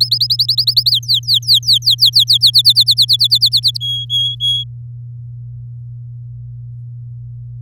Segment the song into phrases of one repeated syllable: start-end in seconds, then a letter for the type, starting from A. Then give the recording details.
0.00-0.91 A, 0.91-2.51 B, 2.53-3.77 C, 3.81-4.64 D. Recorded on 6 May 2018 at 12:37. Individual llb16